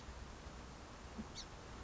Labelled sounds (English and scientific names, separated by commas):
Song Sparrow (Melospiza melodia)